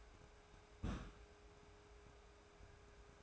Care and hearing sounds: daily activity, microphone in the room; place on stove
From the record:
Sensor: 2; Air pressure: 1010.2 hPa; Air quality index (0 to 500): 161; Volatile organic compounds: 7 ppm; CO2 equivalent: 2017 ppm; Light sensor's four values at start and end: 42/100/45/50 and 42/102/45/51

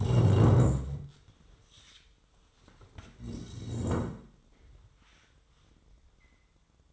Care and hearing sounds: daily activity, microphone in the room; stand up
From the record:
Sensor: 3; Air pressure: 1005.2 hPa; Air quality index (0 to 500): 94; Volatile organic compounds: 3 ppm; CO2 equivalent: 1467 ppm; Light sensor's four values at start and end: 10/22/9/9 and 9/21/9/9

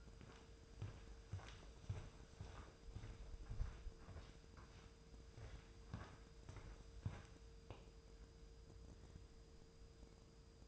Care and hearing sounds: daily activity, microphone in the room; walk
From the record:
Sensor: 2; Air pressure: 995.8 hPa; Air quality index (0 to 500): 246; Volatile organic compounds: 1000 ppm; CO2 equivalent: 6073 ppm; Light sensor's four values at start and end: 33/79/34/38 and 41/86/41/47

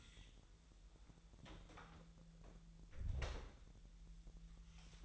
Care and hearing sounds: daily activity, microphone in the room; close door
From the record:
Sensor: 3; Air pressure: 1001.3 hPa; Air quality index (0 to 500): 250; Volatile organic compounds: 160 ppm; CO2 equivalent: 4064 ppm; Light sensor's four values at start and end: 8/19/7/7 and 9/20/8/8

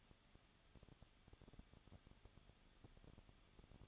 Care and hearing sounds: daily activity, microphone in the room; no activity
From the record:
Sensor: 4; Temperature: 23.0 degrees Celsius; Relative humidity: 34.7%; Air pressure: 1007.2 hPa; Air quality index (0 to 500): 215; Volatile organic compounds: 15 ppm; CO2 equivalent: 2499 ppm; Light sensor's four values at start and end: 2/3/1/1 and 2/3/1/1

